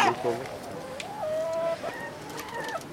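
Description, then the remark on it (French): A rooster crows in two long, drawn-out calls, the first steady and mid-pitched, the second higher and wavering, with a brief voice-like sound at the very start. “Le coq qui veut pas mourir.”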